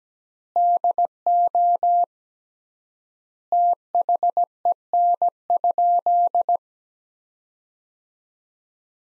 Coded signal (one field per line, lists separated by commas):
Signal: Morse code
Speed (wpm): 17 wpm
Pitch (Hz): 700 Hz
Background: none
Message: DO THEN?